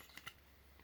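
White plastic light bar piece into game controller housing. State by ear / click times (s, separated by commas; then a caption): not seated / none. A white plastic light bar piece is handled against the curved part of a PS4 game controller housing during reassembly, producing two faint, brief plastic taps at about 0.2 and 0.3 seconds over a low, steady hum. Nothing has seated or clicked yet.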